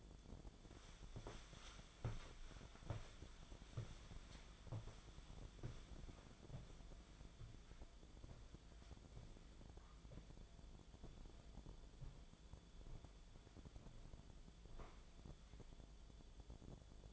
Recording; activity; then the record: daily activity, microphone in the room; walk to room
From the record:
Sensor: 5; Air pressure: 1010.1 hPa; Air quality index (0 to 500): 144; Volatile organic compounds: 3 ppm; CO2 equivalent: 1406 ppm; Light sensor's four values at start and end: 267/649/277/306 and 258/647/270/293